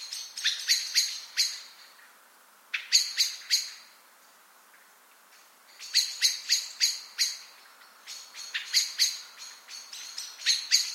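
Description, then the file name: Eurasian blackbird calls: clusters of clicking, metallic chinks repeated in fast series, pausing for a second or two before each new volley. "Turdus merula"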